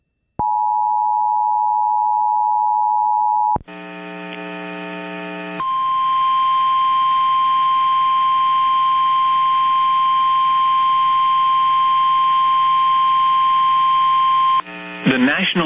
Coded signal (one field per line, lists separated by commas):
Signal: Emergency Alert System (SAME) tones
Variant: 853 and 960 Hz attention tone